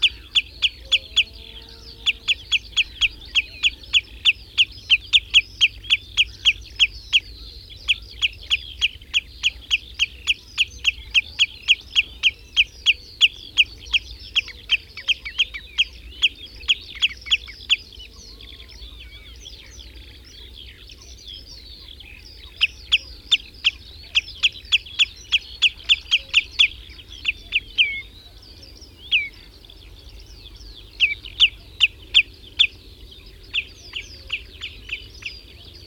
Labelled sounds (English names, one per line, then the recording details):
Common Redshank call
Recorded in the wild
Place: Lieschow, Insel Rügen, Mecklenburg-Vorpommern, DE
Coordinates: 54.433, 13.172
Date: 1975-05-25 04:00
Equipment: Nagra III BH, Sennheiser MD 21, parabola
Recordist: Schubert, Michael
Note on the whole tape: Warnen v. 1 Rotschenkel